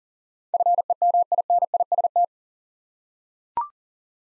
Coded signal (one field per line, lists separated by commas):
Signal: Morse code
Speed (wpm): 39 wpm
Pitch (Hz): 700 Hz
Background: none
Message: FEMINIST